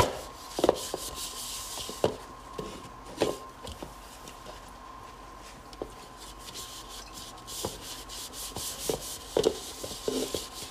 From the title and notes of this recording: ASMR Washing and Drying Large Bowl.